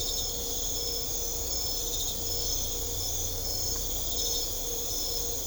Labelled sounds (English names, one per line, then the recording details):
none
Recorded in secondary vegetation near Puerto Asís, Putumayo, Colombia, on 21 December 2024 at 23:30
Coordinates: 0.500, -76.326
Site G065